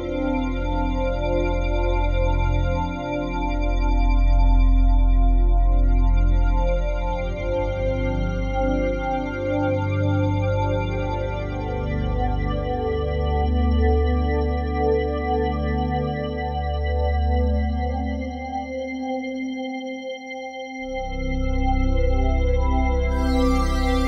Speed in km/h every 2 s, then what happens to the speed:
85, 89, 86, 84, 80, 79, 78, 79, 80, 80, 81, 84.
3-12 slows to 78. 12-24 steady at about 80.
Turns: none.